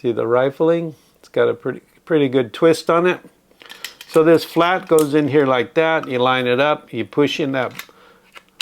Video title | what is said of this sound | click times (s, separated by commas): Sig Sauer M17 pellet pistol, Sig Sauer Air Red Dot#airgun #airpistol #sig | button there until it clicks and now that is | 8.6 s